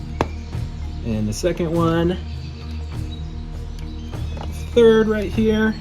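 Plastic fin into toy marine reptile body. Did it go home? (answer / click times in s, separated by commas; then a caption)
yes / 0.2 s. The first of four plastic fins is clicked into a toy marine reptile figure, with a sharp click at 0.2 s showing it has seated. Someone talks over soft background music, and a couple of quieter taps follow near 3.8 s and 4.4 s.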